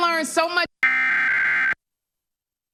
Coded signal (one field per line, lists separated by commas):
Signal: Emergency Alert System (SAME) tones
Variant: header bursts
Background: speech